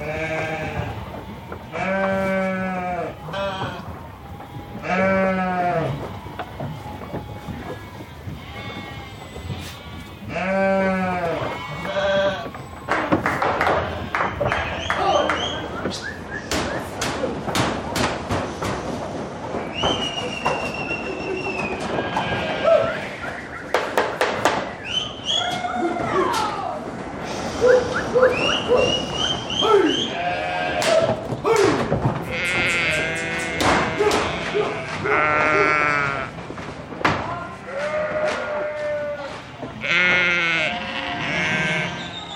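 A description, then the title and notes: Sheep bleat over and over, wavering calls arriving in bursts roughly every few seconds at first, then crowding together into a dense, overlapping chorus after about fifteen seconds. Sharp clicks and knocks are scattered throughout, with occasional voices mixed into the flock. Fonografias_Tierra_del_fuego.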